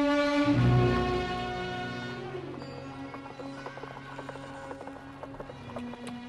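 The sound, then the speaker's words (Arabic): A loud sustained musical swell fades out into the steady, rhythmic clip-clop of horse hooves pulling a carriage along a dusty road, the sharp clops continuing evenly at moderate volume with no talking. “شيء حصان شيء. هو فاضل كتير يا أسطى؟”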